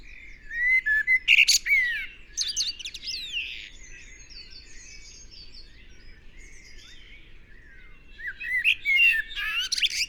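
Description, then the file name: Eurasian blackbird song: two fluted low warbling phrases, each ending in a thin high squeaky twitter, separated by a long pause with faint birdsong. "Turdus merula"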